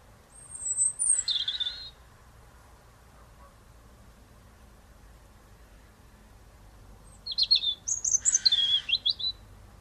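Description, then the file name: European robin singing two high thin phrases, each a sliding whistle breaking into fast notes, separated by a long quiet gap. "Erithacus rubecula"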